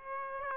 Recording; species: mosquito wingbeat signal from an infrared sensor; Aedes aegypti